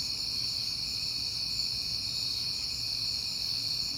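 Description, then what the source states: Crickets chirping together in a steady high shimmering trill, with faint low noise beneath. On a peaceful night in September.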